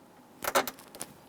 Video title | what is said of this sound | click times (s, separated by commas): How to Replace Front Window Regulator 1995-2001 Ford Explorer | that locks it into place | 1.0 s